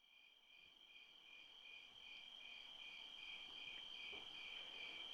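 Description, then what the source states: Crickets chirping in steady, rapid pulses, a high trilling chorus repeated several times a second, with faint background hiss. Recorded by a creek.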